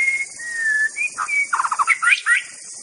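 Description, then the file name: White-rumped Shama song: long clear whistles at an even pitch, then a quick rattle of notes and rising, twisting phrases full of rich warbling. Wild forest bird. "suara muraibatu hutan. omkicau"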